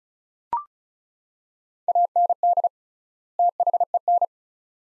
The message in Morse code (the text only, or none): AND THEN